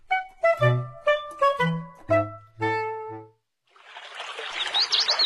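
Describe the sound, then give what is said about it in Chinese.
A brief melodic phrase of clear, ringing notes gives way to a steady rush of flowing river water at Binhe riverside park along the canal, with bright, high bird chirps flickering over it. “哟，那这就是滨河公园啊，真漂亮嘞！您看这河水多清凉啊！”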